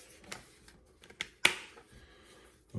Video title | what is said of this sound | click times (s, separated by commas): Vihibii Case for the Samsung Galaxy Z Fold 5 with S-Pen Holder, Hinge Protection, and Kickstand | okay snap right in place | 1.5 s